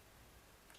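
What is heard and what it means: A crimped terminal pin for pin 1, ground, is pushed into a plastic connector housing on the wiring for a Tesla 18.5 kW Gen 3 charger's open-source controller, driven in with a small spike or needle until its retaining tang latches. Over a steady low background hiss, a short, sharp click sounds at 0.7 s. The pin is seated in the housing.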